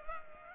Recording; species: mosquito wingbeat signal from an infrared sensor; Culex pipiens